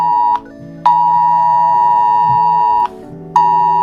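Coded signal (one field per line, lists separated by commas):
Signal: Emergency Alert System (SAME) tones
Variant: 853 and 960 Hz attention tone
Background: music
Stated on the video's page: Fictional-country EAS alarm, a made-up scenario.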